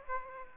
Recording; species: mosquito wingbeat signal from an infrared sensor; Aedes aegypti